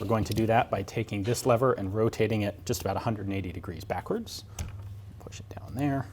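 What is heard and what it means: Someone talks while turning the small metal top cover retaining lever on an SVD-type rifle receiver 180° backward, working toward removing the top cover. A few faint, brief ticks come between about 5.2 and 5.6 s, but the clip ends before the lever stops against its small screw, so nothing has locked or seated yet.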